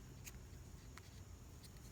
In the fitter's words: and it will snap in place right there.